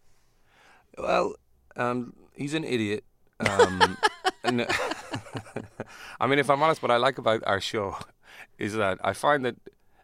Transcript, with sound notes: Well, he's an idiot.
(LAUGHTER)
I mean, if I'm honest, what I like about our show is that I find that